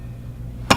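A seal guard or back plate, held by pins, is pushed onto the shaft of an SPX Flow C216 centrifugal pump while its seals are being changed. A steady low hum runs through the clip until one sharp metallic click lands at 0.7 s. The part locks into place.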